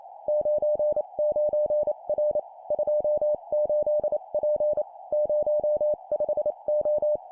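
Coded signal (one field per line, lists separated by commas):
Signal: Morse code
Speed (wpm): 28 wpm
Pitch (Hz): 600 Hz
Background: none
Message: 99R 28P 05O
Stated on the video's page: Morse code copy-speed practice at 25 wpm of three-character groups: number, number, letter.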